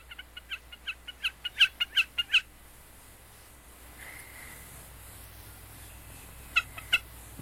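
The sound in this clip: Wilson's snipe giving a fast run of clipped, high call notes that grow louder for about two seconds, then quiet, then two more notes near the end.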